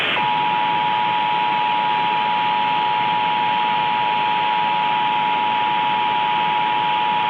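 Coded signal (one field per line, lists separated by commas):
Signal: Emergency Alert System (SAME) tones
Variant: 853 and 960 Hz attention tone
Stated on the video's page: Mock tornado warning with audio made in Audacity, not a real alert.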